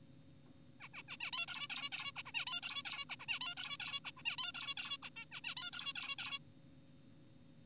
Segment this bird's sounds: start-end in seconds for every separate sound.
0.80-0.88, 0.94-1.02, 1.08-1.17, 1.20-1.31, 1.33-1.46, 1.48-1.68, 1.70-1.90, 1.92-2.12, 2.16-2.23, 2.26-2.32, 2.34-2.45, 2.47-2.61, 2.63-2.83, 2.85-3.05, 3.10-3.16, 3.20-3.26, 3.28-3.40, 3.41-3.55, 3.57-3.77, 3.80-4.00, 4.05-4.11, 4.17-4.23, 4.26-4.36, 4.38-4.52, 4.55-4.74, 4.77-4.97, 5.03-5.10, 5.16-5.25, 5.32-5.41, 5.44-5.55, 5.57-5.70, 5.73-5.93, 5.96-6.16, 6.19-6.39